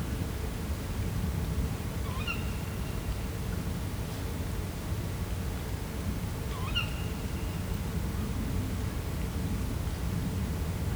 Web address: allathangok termeszetben macskabagoly professzionalis 2015 kettomacskabagoly vizhaz cardioid